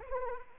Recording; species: mosquito wingbeat signal from an infrared sensor; Anopheles arabiensis